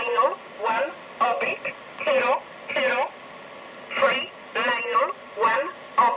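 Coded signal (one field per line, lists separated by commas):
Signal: numbers station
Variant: E07, English Man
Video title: Zahlensender E07 Nullmeldung mit Grundig, Eton Satellit 750, Tecsun S 2000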